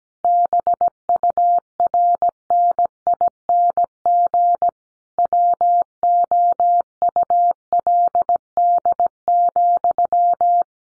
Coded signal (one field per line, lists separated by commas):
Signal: Morse code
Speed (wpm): 17 wpm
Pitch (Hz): 700 Hz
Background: none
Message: BURNING WOULD,